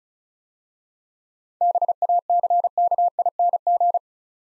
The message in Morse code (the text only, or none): BACKING